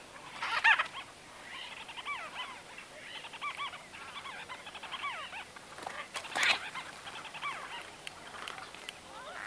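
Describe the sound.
White-fronted bee-eater calls, steady overlapping chatter of curling, warbled notes from several birds, with a couple of louder sharp squeaks breaking through.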